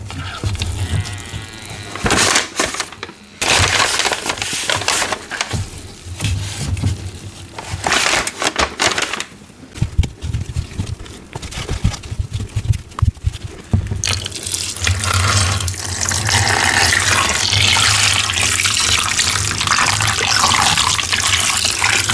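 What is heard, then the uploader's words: Dye is poured over soft gym chalk, with wet pouring and trickling mixed with crumbly crunching and creaks in the first half, including sharp bursts near 2.5 and 14 seconds. After about 14 seconds a steady, bright hiss like sizzling settles in and continues to the end. Dying a Big Batch of Gym Chalk Deep Blue. ASMR Pouring Dye Over Soft Gym Chalk. Water Sounds, Pouring Sounds, Paint Pouring, Creaking Sounds, Sizzling Sounds.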